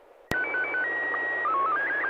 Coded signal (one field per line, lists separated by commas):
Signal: SSTV (slow-scan television)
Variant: Scottie 1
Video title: N6NA SSTV Net - 05/07/2025